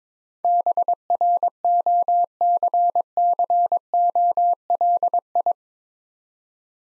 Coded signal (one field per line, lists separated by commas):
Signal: Morse code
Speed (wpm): 22 wpm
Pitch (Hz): 700 Hz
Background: none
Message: BROCCOLI